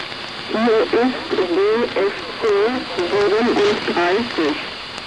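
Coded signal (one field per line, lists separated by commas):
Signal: numbers station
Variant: G14, German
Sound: a voice reading short, evenly paced words through radio hiss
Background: radio static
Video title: Zahlensender/Number Station "G14" ("DFC-37") (14.05.1983) (19:05 UTC)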